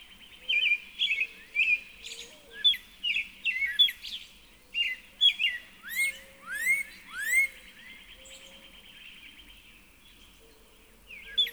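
Northern cardinal singing choppy notes followed by a string of clear slurred whistles, over a low hum.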